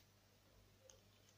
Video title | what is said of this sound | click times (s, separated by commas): Cómo Cambiar los Sticks del Joystick de PS4 | Una pequeña presión y ya queda asegurado. | 0.9 s